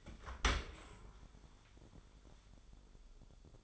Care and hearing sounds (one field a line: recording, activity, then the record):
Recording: daily activity, microphone in the room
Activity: open dishwasher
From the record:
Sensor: 5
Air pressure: 1015.0 hPa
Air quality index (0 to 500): 159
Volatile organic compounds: 5 ppm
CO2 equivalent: 1715 ppm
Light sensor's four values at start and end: 38/91/37/40 and 37/89/36/40